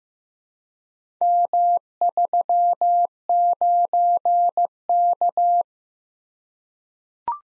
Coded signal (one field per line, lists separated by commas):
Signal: Morse code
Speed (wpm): 15 wpm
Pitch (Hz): 700 Hz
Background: none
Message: M39K